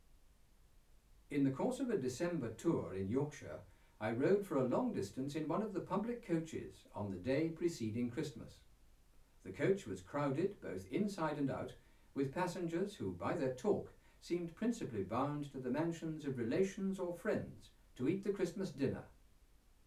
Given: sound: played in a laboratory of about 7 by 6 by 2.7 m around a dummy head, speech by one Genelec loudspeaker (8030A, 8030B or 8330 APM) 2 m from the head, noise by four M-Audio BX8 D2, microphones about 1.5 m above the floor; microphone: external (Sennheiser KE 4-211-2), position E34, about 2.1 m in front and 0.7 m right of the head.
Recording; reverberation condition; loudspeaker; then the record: male speech in English; low; 90 degrees to the left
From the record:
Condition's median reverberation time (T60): about 310 ms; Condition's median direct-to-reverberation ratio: about 3.5 dB